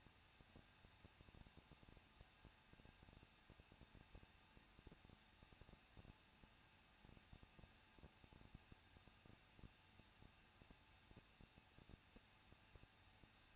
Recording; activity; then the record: daily activity, microphone in the room; no activity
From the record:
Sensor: 2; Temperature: 21.0 degrees Celsius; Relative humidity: 37.3%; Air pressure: 1006.2 hPa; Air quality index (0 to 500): 221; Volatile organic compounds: 23 ppm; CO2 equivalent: 2792 ppm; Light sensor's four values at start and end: 2/3/2/2 and 2/3/2/2